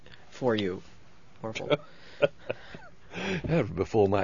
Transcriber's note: he laughs